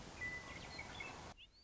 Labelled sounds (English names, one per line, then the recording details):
Western Meadowlark
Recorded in Sonoma County, California